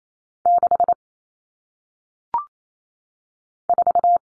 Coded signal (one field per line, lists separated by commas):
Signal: Morse code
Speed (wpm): 28 wpm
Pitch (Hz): 700 Hz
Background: none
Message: 6 4